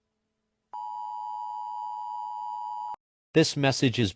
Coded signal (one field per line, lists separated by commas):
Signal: Emergency Alert System (SAME) tones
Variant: 853 and 960 Hz attention tone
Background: speech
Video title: T A P W A T E R, EAS SCENARIO